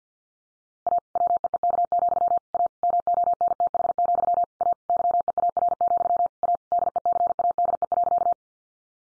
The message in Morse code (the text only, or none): A WEEK, A MONTH, A YEAR, A DECADE.